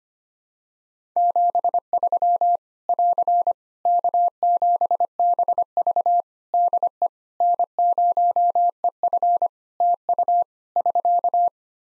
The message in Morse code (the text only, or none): 73 <AR> K7BV DE N0EF TU <SK>